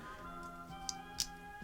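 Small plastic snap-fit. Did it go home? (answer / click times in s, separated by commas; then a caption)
yes / 0.9 s, 1.2 s. A 3D-printed plastic missile launcher accessory is attached to a toy jet/robot and locks into place, with two sharp clicks at 0.9 s and 1.2 s. A steady tonal, music-like background hum runs throughout.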